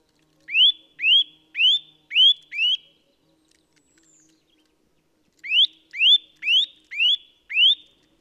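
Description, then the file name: Eurasian nuthatch producing two runs of five clear upslurred whistles, about two per second, separated by a gap of about two and a half seconds. "Sitta europaea"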